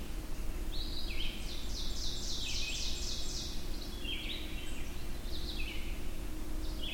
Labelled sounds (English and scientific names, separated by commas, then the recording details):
Ovenbird (Seiurus aurocapilla) song
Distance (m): 70 m
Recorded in boreal forest in Alberta, Canada, on 22 June 2016 at 05:51
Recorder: SongMeter 3, array SBT-6-76
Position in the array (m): 151 m, 109 m
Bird 3